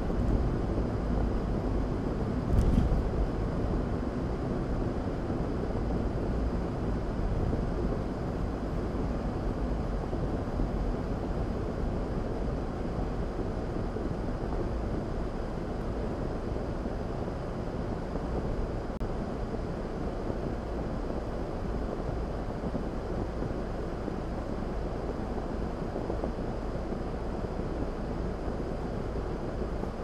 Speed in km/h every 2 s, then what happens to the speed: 48, 47, 42, 35, 32, 29, 23, 18, 18, 16, 16, 13, 13, 11, 8.
0-30 slows to 8.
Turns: none.